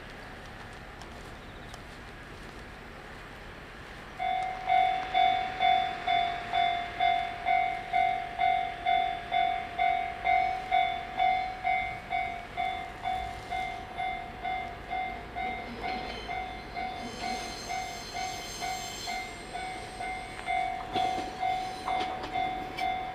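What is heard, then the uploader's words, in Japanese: A local train idles with a steady low hum for the first few seconds. From about four seconds, a bright, evenly pulsing warning bell rings roughly twice a second and carries on to the end, while hissing and rumbling from the train rise and fall beneath it. 天竜浜名湖鉄道 金指→西気賀→金指 往復。金指で少なくなった乗客をのせて新所原方面へと走っていきます。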